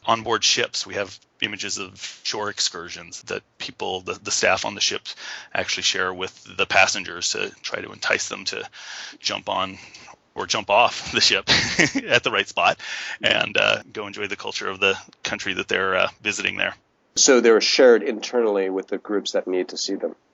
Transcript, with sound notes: On board ships, we have images of shore excursions that people, the staff on the ship actually share with the passengers to try to entice them to jump on, or jump off the ship [laughs] at the right spot and go enjoy the culture of the country that they’re visiting there.
So they’re shared internally with the groups that need to see them.